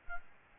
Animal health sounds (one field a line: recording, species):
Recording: mosquito wingbeat signal from an infrared sensor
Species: Aedes albopictus